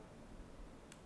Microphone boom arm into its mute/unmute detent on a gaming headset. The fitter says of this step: there there's a little click where the system engages and the microphone becomes unmuted and then you can raise it now it's off so